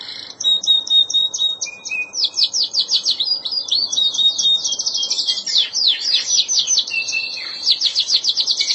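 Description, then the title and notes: Canary giving rapid high trills and ticking notes that build into a dense rolling warble, with a lower whistled note midway. "Suara Burung Kenari"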